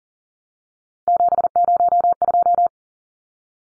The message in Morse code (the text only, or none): 702